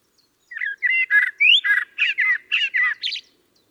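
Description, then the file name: Common blackbird giving a quick run of about ten fluty, slightly scratchy notes, one sweeping upward, lasting under three seconds. "Turdus merula"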